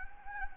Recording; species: mosquito wingbeat signal from an infrared sensor; Anopheles gambiae